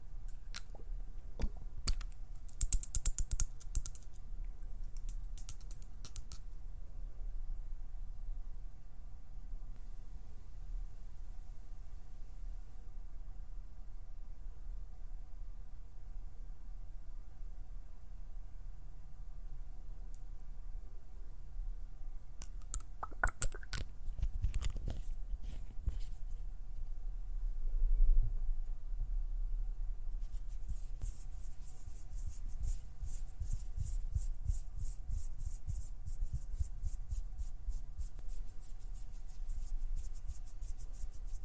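Plucking, pinching and finger fluttering over a steady low hum. Quick clustered clicks and taps come in bursts near the start, around 23–25 seconds, and again from about 30 seconds on as a rapid, dense flutter of small bright ticks.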